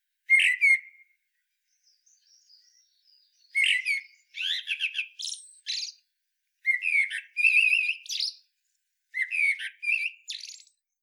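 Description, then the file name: Common blackbird song: a short whistled note, then a pause and several warbling phrases that end in shrill twitters, separated by brief pauses. "Turdus merula"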